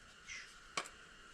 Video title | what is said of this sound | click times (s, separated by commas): $500 oil change?!?! No Way!! 2014 ML63 oil change and air filter replacement. | snaps right in there. | 0.8 s